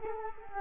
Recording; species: mosquito wingbeat signal from an infrared sensor; Culex quinquefasciatus